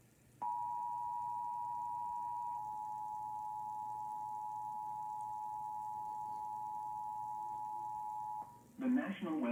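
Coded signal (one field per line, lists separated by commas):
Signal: Emergency Alert System (SAME) tones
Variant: 853 and 960 Hz attention tone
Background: speech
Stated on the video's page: Tornado warning received via TV.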